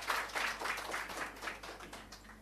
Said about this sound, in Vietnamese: Xin mời quý vị cho một tràng pháo tay để chúng ta cùng đón thầy.